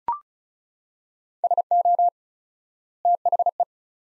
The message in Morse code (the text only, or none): SO THE